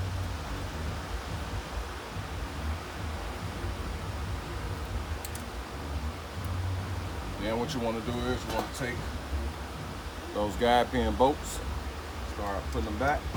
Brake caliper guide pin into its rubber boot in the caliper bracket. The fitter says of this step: should hear it pop and what